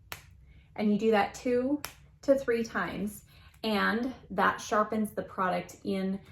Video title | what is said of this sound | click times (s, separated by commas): Best of 2023 [High-End Makeup Products] | and then you twist it until you hear it click. | 0.1 s